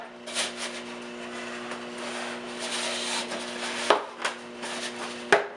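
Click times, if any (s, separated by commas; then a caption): 5.3 s. A first plastic blower tube is pushed onto the outlet of a Husqvarna 125BVX handheld blower/vacuum and turned until it locks. Rubbing and scraping of plastic is heard, with sharp knocks at 3.9 s and 4.3 s. A final loud click at 5.3 s marks the tube snapping and twist-locking into place.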